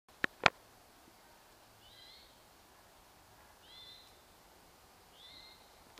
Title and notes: Eastern Towhee. by Christie Mullen